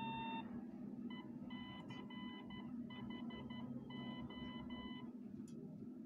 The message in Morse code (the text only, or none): ECHO